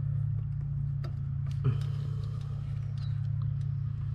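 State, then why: Not seated. A small screwdriver rests on top of the retaining clip on the turbo wastegate actuator rod of a Kia Optima/Hyundai 2.0L 4-cylinder engine and is pushed down. Under a steady low engine-like hum, a few faint ticks and scrapes of metal handling are heard. Nothing has seated or clicked yet.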